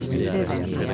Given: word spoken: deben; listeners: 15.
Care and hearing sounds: one Spanish word in noise, from a listening test; eight-talker babble; -1.7 dB; 0 of 15; 6 of 15; 0.54 s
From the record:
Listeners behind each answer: 6, 2, 1, 1, 1, 1, 1, 1, 1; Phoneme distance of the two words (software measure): 30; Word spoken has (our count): 2 syllables, 5 phonemes, stress on syllable 1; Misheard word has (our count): 2 syllables, 5 phonemes, stress on syllable 1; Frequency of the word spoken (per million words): 183.58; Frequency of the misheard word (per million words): 51.36

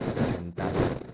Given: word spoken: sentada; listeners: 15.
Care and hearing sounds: one Spanish word in noise, from a listening test; noise modulated by one talker; -9.0 dB; 2 of 15; 6 of 15; 0.74 s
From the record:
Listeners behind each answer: 6, 3, 2, 2, 1, 1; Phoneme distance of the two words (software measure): 10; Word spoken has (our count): 3 syllables, 7 phonemes, stress on syllable 2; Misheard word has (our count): 3 syllables, 7 phonemes, stress on syllable 2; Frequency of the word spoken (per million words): 18.51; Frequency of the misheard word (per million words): 39.57

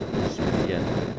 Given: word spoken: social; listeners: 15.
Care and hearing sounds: one Spanish word in noise, from a listening test; noise modulated by three-talker babble; -7.9 dB; 1 of 15; 6 of 15; 0.79 s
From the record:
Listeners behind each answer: 6, 1, 1, 1, 1, 1, 1, 1, 1, 1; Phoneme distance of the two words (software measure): 34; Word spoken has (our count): 2 syllables, 6 phonemes, stress on syllable 2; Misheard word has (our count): 3 syllables, 8 phonemes, stress on syllable 3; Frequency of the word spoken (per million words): 383.35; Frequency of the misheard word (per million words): 1.10

